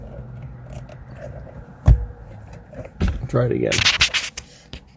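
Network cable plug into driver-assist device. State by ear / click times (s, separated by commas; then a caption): not seated / none. A network cable plug is handled at a driver-assist device (comma two) during an install in a 2019 Camry Hybrid, with light scraping and handling noises and a few sharp knocks while someone talks. Nothing has seated or clicked yet.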